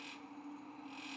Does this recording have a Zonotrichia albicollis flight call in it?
no